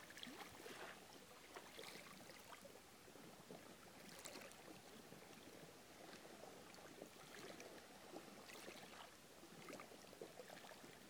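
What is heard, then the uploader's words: Calm beach ambience with a steady wash of water running through the whole stretch, dense and even in level. Small splashes and bright fizzing bursts surface every second or two, with stronger ones near 1, 4 and 10 seconds, over a low background rumble. Calm beach sounds at Outside of miami.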